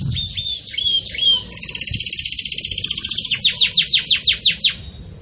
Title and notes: Canto Canário Belga Campainha Puro Com Pausa Para Treinamento. CANARIO BELGA